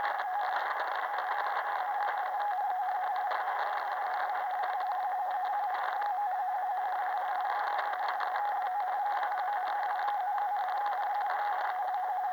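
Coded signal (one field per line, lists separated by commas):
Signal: RTTY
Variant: DDH47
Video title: Quick decoding DDH47 from 27. July 18:00 UTC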